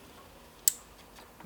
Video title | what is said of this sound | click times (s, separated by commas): Installing our 12" MINI MONKEY BARS on a 2024 ROAD GLIDE! | Make sure you hear your audible click | 0.7 s